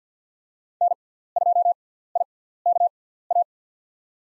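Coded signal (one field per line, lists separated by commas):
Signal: Morse code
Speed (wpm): 50 wpm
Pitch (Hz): 700 Hz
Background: none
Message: N2IKA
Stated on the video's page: US 5-character call sign practice at 50 wpm with Farnsworth 6x character spacing for head-copy.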